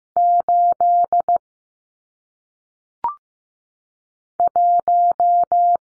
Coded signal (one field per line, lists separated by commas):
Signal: Morse code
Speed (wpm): 15 wpm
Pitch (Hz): 700 Hz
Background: none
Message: 8 1